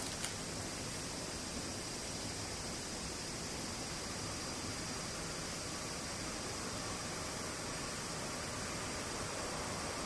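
Cicadas fill the recording with a dense, unbroken hiss that stays level for the whole ten seconds, brightest in the high range. A faint low rumble runs underneath, and a single short click sounds right at the start.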